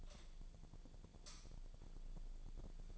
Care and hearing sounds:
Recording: daily activity, microphone in the room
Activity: light on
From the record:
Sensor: 5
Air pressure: 1009.9 hPa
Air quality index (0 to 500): 159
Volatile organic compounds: 4 ppm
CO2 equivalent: 1544 ppm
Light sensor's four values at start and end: 155/395/165/176 and 156/397/166/177

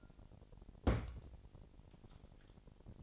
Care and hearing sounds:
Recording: daily activity, microphone in the room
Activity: place on stove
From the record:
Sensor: 5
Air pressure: 1012.2 hPa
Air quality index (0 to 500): 237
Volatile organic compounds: 4 ppm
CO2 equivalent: 1575 ppm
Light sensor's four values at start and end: 46/106/45/47 and 45/102/43/46

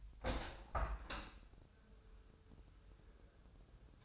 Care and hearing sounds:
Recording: daily activity, microphone in the room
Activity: open window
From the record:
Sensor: 2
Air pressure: 1014.8 hPa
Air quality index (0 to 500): 28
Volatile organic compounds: 1 ppm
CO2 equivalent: 521 ppm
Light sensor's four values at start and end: 8/19/8/8 and 8/20/8/8

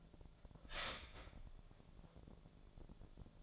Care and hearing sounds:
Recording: daily activity, microphone in the room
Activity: start toaster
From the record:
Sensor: 5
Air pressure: 1000.3 hPa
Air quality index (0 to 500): 124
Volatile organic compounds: 2 ppm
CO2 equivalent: 979 ppm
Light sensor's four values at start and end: 86/202/86/93 and 86/202/86/93

